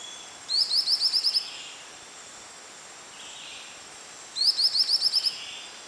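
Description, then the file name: White-lored tyrannulet giving two quick trills of about six thin, high rising notes, roughly four seconds apart, over a constant insect hum. Recorded on 28 April 2011. "20110428 ORNINE"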